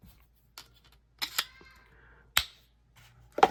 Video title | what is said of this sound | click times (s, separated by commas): Temu Haul - SDOKEDC Everyday Carry Knives #temuhaul | You can hear that nice click. | 2.4 s